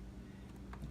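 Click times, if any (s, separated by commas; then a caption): 0.7 s. A plastic wiring harness clip that holds the motor wires is pushed onto the motor housing of a Rainbow E3 vacuum cleaner and snaps into place. One short, faint click is heard at 0.7 s over a low steady hum, and someone talks. The clip is seated.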